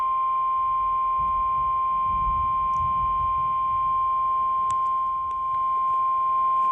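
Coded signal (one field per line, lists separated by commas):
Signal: Emergency Alert System (SAME) tones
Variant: 1050 Hz attention tone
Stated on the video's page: Alerts received on a Radio Shack weather radio, including a tornado warning; one recording has corrupted audio.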